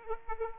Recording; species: mosquito wingbeat signal from an infrared sensor; Aedes aegypti